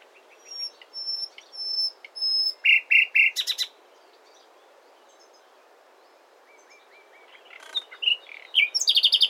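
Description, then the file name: Common nightingale song: thin high whistles and soft pulsed notes, a few loud harsh notes, a long quiet spell, then rapid chattering notes building toward the end. "Luscinia megarhynchos"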